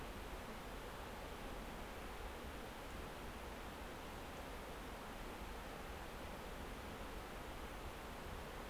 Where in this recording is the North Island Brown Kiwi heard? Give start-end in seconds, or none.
none